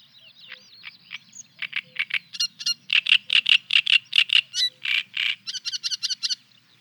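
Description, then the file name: Great reed warbler song, a run of grating, croaky syllables in rapid series, ending in a quicker set of higher squeaky notes. "Trastsångare"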